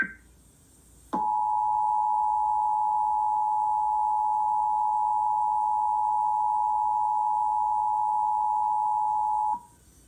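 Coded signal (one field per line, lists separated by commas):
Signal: Emergency Alert System (SAME) tones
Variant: 853 and 960 Hz attention tone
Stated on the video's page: Mock EAS alert, simulated, with borrowed audio message.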